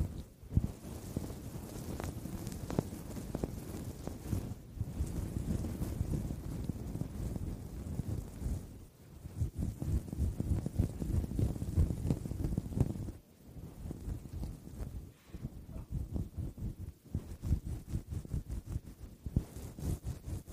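A foam-covered microphone is scratched and brushed, producing a dense, rough rumble heavy in the lows with rapid crackling strokes throughout. The rubbing swells and eases in waves, with brief near-silent gaps around 1, 5, 9 and 13 seconds, and sparser, choppier scratches later.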